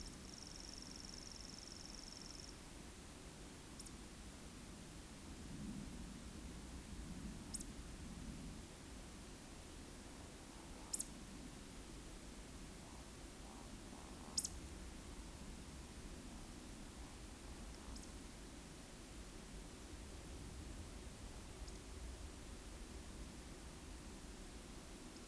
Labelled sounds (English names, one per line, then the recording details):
Eurasian Woodcock whistle
Eurasian Woodcock croak
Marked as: whistle, whistle, whistle, croak, whistle, croak, whistle, croak, whistle, whistle, whistle
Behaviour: display flight
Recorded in Baden-Württemberg, Germany, on 9 June 2021 at 20:15 UTC
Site 25175, 602 m above sea level